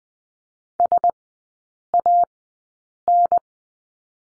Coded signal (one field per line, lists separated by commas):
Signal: Morse code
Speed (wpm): 20 wpm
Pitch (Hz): 700 Hz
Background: none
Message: SAN